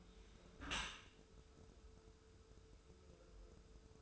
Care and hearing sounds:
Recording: daily activity, microphone in the room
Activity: close dishwasher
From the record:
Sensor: 2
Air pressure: 1014.8 hPa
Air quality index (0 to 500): 25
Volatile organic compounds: 0 ppm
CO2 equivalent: 500 ppm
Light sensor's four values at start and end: 10/23/9/9 and 10/22/9/9

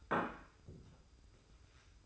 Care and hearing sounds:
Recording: daily activity, microphone in the room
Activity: place plate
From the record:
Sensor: 2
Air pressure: 990.7 hPa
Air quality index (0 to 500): 154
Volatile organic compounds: 499 ppm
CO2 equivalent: 4817 ppm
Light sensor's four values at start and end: 17/40/17/17 and 17/41/17/17

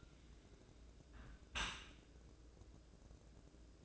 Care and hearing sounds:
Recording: daily activity, microphone in the room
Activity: close dishwasher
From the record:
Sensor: 2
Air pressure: 1012.2 hPa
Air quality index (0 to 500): 146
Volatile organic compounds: 2 ppm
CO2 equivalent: 1072 ppm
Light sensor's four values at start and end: 247/606/244/244 and 241/590/238/237

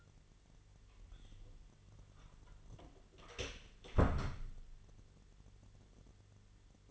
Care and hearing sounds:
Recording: daily activity, microphone in the room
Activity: close door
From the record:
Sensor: 4

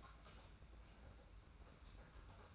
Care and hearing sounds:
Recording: daily activity, microphone in the room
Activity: typing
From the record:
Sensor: 2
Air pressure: 991.6 hPa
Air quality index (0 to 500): 193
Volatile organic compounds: 1000 ppm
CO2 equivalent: 6348 ppm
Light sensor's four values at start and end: 27/85/33/31 and 27/85/33/31

